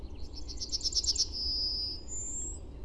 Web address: Ptak Roku 2011 soubory ptak roku strnad-BE